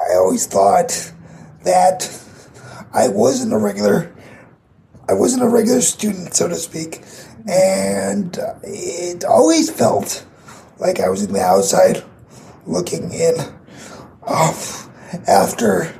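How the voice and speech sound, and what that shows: A 22-year-old man speaks slowly in short bursts with frequent pauses, stretched vowels and sounds, a repeated phrase, a dark, creaky voice and slightly nasal vowels. This is dysarthria from cerebral palsy: tight muscles make speaking effortful and less crisp.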